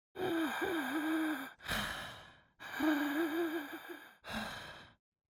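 A Guatemalan child's breathing with a wheeze: a musical, low-pitched whistling tone, wavering around 250–350 Hz, sustained through the longer phase of each of two breath cycles, with shorter noisy breaths in between, at roughly 23 breaths per minute.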